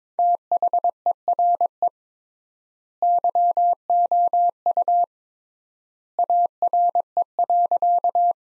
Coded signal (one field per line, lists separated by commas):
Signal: Morse code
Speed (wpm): 22 wpm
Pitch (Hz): 700 Hz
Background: none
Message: THERE YOU ARE.